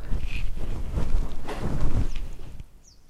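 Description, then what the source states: Brown bear huffing, loud deep breathy puffs in a sustained run, then fading to quiet at the end. Bear approaching to about a metre from a food-baited bear-watching hide at the edge of a small bog in Kuhmo near the eastern border, late summer, about five o'clock, huffing loudly.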